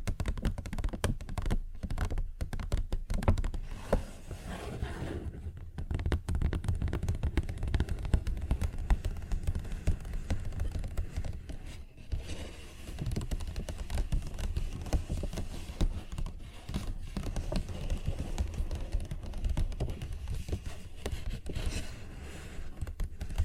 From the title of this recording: Paper Bag Tapping and Scratching Sounds